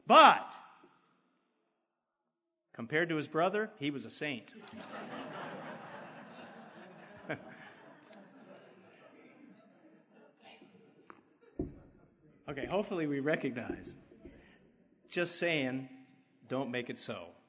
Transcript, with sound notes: But compared to his brother, he was a saint." [audience laughs] Okay, hopefully we recognize just saying don't make it so.